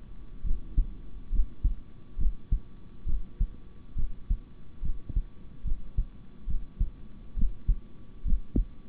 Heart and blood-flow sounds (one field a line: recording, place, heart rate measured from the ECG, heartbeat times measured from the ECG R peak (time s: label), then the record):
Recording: heart sounds by stethoscope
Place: between the tricuspid and mitral areas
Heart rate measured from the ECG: 69 bpm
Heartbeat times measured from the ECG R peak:
0.43 s: heartbeat
1.31 s: heartbeat
2.17 s: heartbeat
3.05 s: heartbeat
3.95 s: heartbeat
4.81 s: heartbeat
5.64 s: heartbeat
6.46 s: heartbeat
7.35 s: heartbeat
8.24 s: heartbeat
From the record:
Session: rest, sitting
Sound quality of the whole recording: good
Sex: male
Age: 26 years